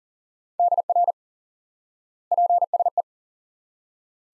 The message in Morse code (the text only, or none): DR PSE